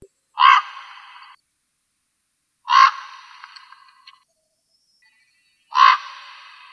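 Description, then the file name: Common raven giving three harsh, rasping calls, each about a second long, spaced roughly two to three seconds apart, with silence between. "voron"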